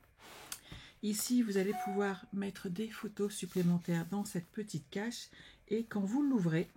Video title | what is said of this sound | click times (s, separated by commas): Présentation Album photos Douceurs en Nature | Et on entend le petit clac parce que je ne supporte pas d'avoir le truc qui bouge. | 0.5 s